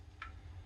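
A plastic hammer strut inside the grip of a Golden Eagle 3341 gel blaster is guided into place against its hammer spring during a teardown. One sharp click at 0.2 s is heard over low background hum, and the strut is seated against the spring.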